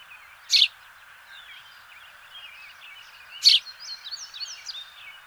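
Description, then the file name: House sparrow uttering two loud, abrupt chirps about three seconds apart, with soft twittering chatter in the background. "Passer domesticus"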